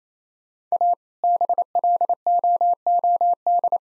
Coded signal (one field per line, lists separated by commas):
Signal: Morse code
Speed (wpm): 27 wpm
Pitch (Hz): 700 Hz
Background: none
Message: A BLOOD